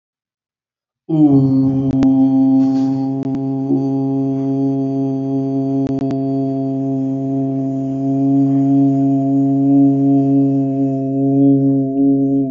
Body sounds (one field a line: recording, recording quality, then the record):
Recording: sustained vowel as in boot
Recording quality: excellent, no background noise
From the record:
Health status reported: healthy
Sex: male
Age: 18 years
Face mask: not worn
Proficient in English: yes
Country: India